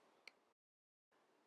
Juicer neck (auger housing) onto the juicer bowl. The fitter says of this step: Place them on top of each other and turn the juicer neck clockwise until you hear a click. Great.